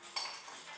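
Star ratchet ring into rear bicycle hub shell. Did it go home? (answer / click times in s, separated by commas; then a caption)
no / none. A toothed star ratchet ring is handled as it is pressed toward the rear hub shell of a DT Swiss 350 bearing-type bicycle wheel hub during maintenance. A bright metallic clink rings out at about 0.2 s, followed by faint handling rattles. Nothing has seated or clicked into place yet.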